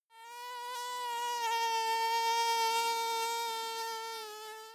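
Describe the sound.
Mosquito buzzes in a steady, thin, high whine that holds an even pitch for several seconds, swelling slightly and then fading.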